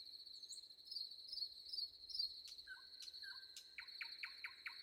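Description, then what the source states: Common nightingale sings softly: two level whistles followed by a quick series of repeated chipping notes, against continuous cricket trilling. Recorded with crickets.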